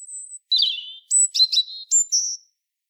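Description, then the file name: European robin song: a high thin whistle, then a falling note and several short bright notes alternating between high and mid pitch, over a silent background. "Erithacus rubecula"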